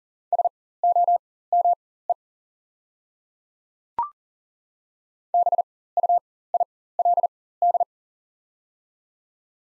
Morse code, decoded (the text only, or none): SOME BUILD